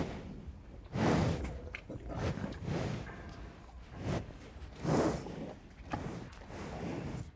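Cow breathing heavily, with several airy whooshing breaths and quieter chewing and rustling between them.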